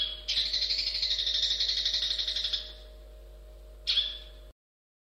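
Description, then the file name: Long-tailed shrike harsh rattle: a continuous grating chatter lasting about two and a half seconds that fades out, then one short rasping note before silence; low hum underneath. "suara burung cendet"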